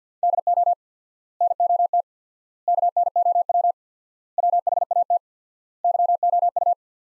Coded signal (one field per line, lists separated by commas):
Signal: Morse code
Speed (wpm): 50 wpm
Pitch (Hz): 700 Hz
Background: none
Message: DO NOT KNOW WHAT YOU